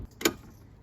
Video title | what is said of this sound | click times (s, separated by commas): 1988 BMW 325i - Hollywood Classic Cars | and push until it clicks all right that about covers it so | 0.2 s